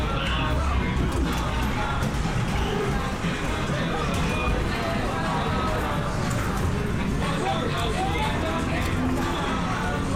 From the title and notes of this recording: The nostalgic ambiance of an English seaside town amusement arcade. The sounds of clinking coins, whirring machines, and lively chatter. This binaural field recording captures the vibrant ambiance of a bustling arcade.